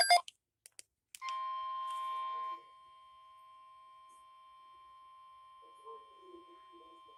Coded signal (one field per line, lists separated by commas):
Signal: Emergency Alert System (SAME) tones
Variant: 1050 Hz attention tone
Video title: ADRENALINE: 4 2 0| EAS Alerts from June 29th, 2023